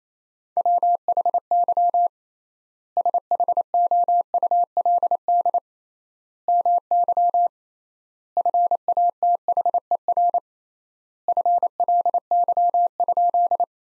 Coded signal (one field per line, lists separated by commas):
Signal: Morse code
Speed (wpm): 28 wpm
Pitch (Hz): 700 Hz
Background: none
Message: WHY SHOULD MY FATHER FLY?